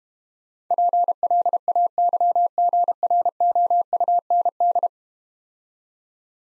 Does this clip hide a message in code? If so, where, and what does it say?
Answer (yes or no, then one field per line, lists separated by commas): yes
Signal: Morse code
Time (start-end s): 0.7-4.9 s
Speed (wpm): 32 wpm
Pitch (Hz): 700 Hz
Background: none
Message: PLAYGROUND